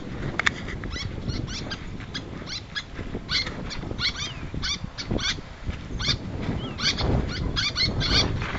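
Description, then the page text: Little tern calling, clipped high squeaky notes in quick irregular runs, set against a steady low roar of background noise. "Albert Lastukhin - Малая крачка (Sterna albifrons)"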